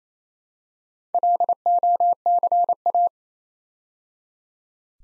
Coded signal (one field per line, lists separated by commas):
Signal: Morse code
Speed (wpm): 28 wpm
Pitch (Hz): 700 Hz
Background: none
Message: LOCA